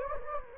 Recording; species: mosquito wingbeat signal from an infrared sensor; Anopheles gambiae